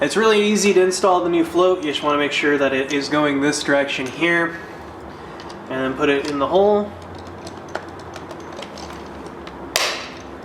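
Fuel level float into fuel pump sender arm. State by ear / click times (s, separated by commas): seated / 9.8 s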